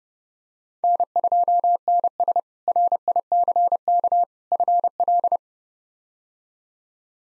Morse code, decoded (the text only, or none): N2NS RICK FL